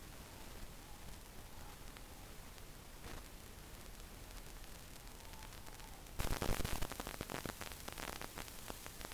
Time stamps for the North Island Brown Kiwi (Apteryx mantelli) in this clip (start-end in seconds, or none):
none